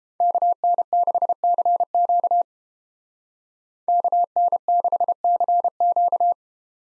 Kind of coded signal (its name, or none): Morse code